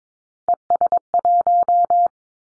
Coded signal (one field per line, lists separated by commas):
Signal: Morse code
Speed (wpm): 22 wpm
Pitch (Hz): 700 Hz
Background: none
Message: ES1